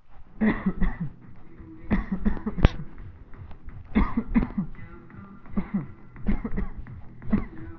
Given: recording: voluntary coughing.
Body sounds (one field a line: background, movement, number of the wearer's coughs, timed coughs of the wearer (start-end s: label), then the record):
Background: music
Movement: walking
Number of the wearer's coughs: 11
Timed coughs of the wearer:
0.38-0.78 s: cough
0.78-1.19 s: cough
1.88-2.23 s: cough
2.23-2.53 s: cough
2.53-2.86 s: cough
3.92-4.32 s: cough
4.32-4.75 s: cough
5.54-5.91 s: cough
6.25-6.55 s: cough
6.55-6.80 s: cough
7.30-7.67 s: cough
From the record:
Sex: male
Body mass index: 20.5 kg/m2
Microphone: on the chest, facing the body